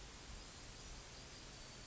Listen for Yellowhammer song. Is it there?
no